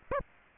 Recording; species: mosquito wingbeat signal from an infrared sensor; Aedes aegypti